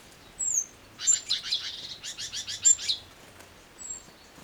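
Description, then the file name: Great tit call: one thin high whistle, then a long harsh rattling chatter of several quick notes, with a faint high note near the end. "Parus major"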